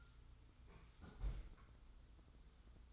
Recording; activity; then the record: daily activity, microphone in the room; close fridge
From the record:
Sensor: 3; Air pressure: 991.0 hPa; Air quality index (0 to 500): 120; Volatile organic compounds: 95 ppm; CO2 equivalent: 3722 ppm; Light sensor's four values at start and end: 30/71/28/27 and 30/70/28/26